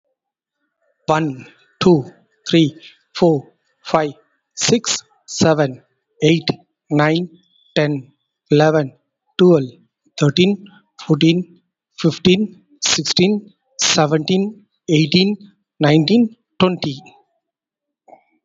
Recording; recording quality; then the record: counting at a normal pace; excellent, no background noise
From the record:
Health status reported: COVID-19 positive, mild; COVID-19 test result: positive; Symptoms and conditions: cough, breathing difficulty, fever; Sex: male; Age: 38 years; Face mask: worn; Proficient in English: yes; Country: India